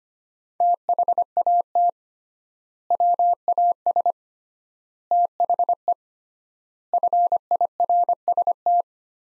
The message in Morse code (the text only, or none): THAT WAS THE FIRST